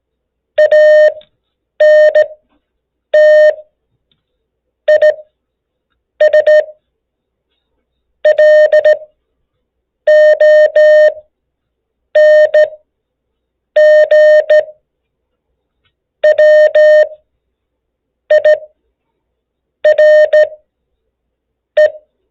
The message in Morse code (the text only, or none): ANT IS LONGWIRE